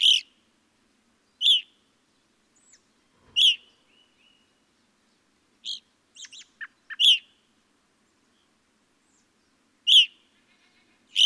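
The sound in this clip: Evening grosbeak calling with loud, ringing notes every one to three seconds, with a brief cluster of quieter, varied chips midway.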